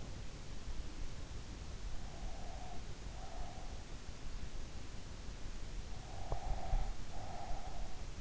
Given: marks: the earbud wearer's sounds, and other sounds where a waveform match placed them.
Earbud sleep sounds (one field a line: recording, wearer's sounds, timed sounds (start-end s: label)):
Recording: sounds in sleep by an in-ear microphone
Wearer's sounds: breath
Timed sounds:
1.91-3.89 s: breath
5.90-8.21 s: breath